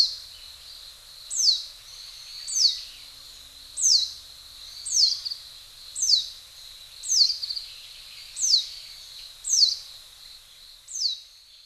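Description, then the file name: Warbling white-eye calling with thin, high, sharply descending notes, repeated steadily about once every second and a quarter, with a faint background hiss. Hyogo, September 10. "mejiro 0910 hyogo kaji"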